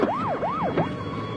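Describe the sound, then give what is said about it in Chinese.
A police siren wails in rapid rising-and-falling sweeps as the police arrive, looping about three times in quick succession, loud and steady against a low rumble of background noise. “哎呀，好了，警察来了，警察来了！”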